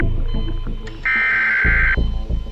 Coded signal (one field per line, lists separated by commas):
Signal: Emergency Alert System (SAME) tones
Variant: header bursts